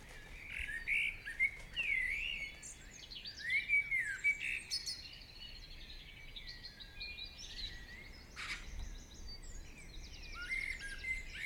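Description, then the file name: Bird chorus with repeated warbled phrases and rising whistles, many singers overlapping, a sharp high burst near eight seconds, light hiss behind. Morning birdsong. "Chants Oiseaux du Matin"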